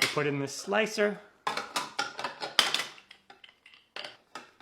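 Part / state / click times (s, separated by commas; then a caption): slicer drum into rotary grater housing / seated / 2.6 s. A stainless and plastic slicer drum is inserted into the housing of a Geedel rotary cheese grater after someone talks briefly. A run of sharp clattering handling knocks follows, and a loud, sharp click at 2.6 seconds marks the drum seating in place, followed by a few softer taps.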